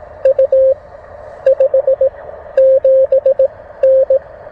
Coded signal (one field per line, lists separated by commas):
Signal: Morse code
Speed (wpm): 18 wpm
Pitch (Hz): 530 Hz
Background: radio noise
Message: U 57N